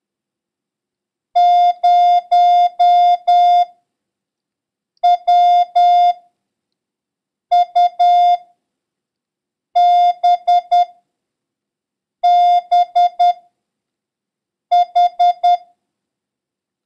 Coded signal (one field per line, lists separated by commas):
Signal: Morse code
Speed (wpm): 10 wpm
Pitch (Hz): 710 Hz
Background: none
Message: 0WUBBH